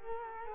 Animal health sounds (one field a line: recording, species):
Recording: mosquito wingbeat signal from an infrared sensor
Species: Culex quinquefasciatus